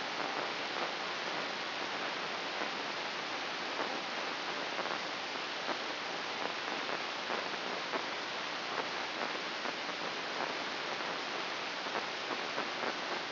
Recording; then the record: brain microelectrode recording played as sound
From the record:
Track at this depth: inside the subthalamic nucleus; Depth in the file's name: 5.536 mm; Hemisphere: right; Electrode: 2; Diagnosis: Parkinson's disease